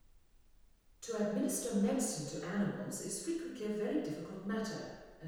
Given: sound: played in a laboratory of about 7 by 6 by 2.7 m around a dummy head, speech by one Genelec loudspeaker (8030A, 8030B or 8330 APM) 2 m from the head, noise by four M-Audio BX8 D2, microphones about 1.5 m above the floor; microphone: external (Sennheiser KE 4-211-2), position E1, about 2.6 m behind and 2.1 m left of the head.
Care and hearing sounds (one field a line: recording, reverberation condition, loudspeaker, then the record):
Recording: female speech in English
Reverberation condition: high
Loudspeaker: 30 degrees to the right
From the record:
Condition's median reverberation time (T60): about 1300 ms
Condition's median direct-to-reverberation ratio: about -4.0 dB